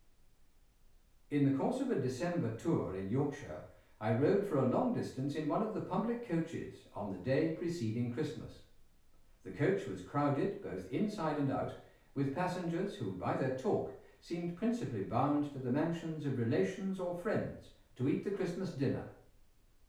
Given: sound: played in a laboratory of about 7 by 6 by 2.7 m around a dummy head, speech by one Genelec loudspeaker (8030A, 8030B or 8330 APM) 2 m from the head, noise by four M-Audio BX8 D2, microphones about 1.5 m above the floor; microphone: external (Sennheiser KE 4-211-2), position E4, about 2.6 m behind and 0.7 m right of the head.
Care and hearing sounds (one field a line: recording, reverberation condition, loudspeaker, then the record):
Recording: male speech in English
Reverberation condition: medium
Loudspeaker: 60 degrees to the right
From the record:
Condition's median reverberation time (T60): about 510 ms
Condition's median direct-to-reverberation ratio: about -0.5 dB